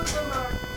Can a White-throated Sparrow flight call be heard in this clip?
no